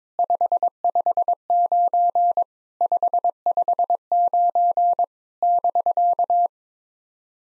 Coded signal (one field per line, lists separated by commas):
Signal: Morse code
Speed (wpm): 22 wpm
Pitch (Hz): 700 Hz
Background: none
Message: 559 559 <BK>